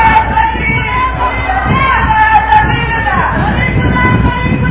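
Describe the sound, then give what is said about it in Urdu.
A large crowd roars with steady, overlapping voices chanting slogans together, a loud continuous wall of shouting that never drops off across the whole stretch. “نعرے نہ لگائے, آپ بات سنیں.”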